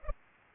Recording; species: mosquito wingbeat signal from an infrared sensor; Aedes aegypti